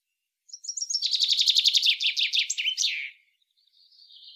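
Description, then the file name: Common chaffinch song: thin high notes lead into a rapid descending trill of repeated chirps, ending in a brief flourish, then a faint high note. "Fringilla coelebs"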